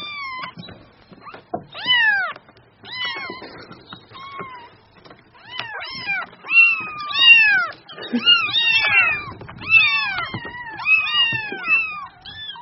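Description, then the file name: Cat: kitten meows in a lively sequence, short curved squeaky cries piling up and overlapping in the second half, light handling sounds beneath. Kitten mewing cutely (Vietnamese: tiếng mèo con kêu nũng nịu dễ thương). "Tieng meo con keu nung niu de thuong"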